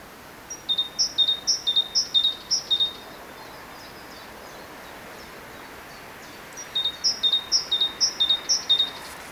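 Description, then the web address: Great tit song: two strophes of rapid, repeated high two-note phrases, each lasting a couple of seconds, separated by a pause, over low hiss. "SETE data Parus major"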